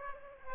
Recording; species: mosquito wingbeat signal from an infrared sensor; Aedes aegypti